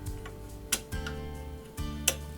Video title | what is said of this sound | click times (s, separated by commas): Build Your Own Hunting Arrows | You want to make sure that you hear that clicking sound. | 0.7 s, 2.1 s